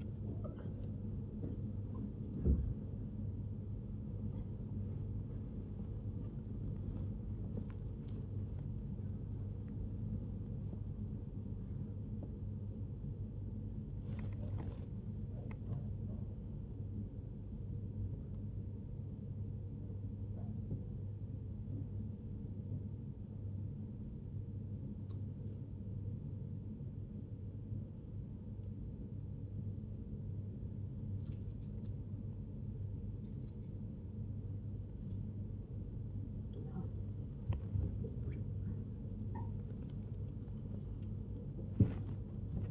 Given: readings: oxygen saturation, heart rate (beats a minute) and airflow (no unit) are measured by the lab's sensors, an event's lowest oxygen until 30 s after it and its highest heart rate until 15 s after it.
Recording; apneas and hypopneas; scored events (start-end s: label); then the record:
a person awake in a sleep study, by a smartphone at the bedside; none
0.00-42.71 s: awake
0.00-42.71 s: awake
From the record:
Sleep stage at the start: awake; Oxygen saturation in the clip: 96 to 99%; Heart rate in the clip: 68 to 93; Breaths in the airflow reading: 13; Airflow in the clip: -7.8 to 9.5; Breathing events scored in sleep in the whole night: 103 in 8.4 hours asleep